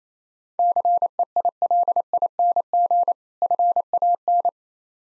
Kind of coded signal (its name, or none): Morse code